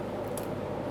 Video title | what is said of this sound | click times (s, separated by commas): How to Replace Fuel Pump Module Assembly 2004-2008 Ford F-150 5.4L V8 | Once again, an audible click. | 0.4 s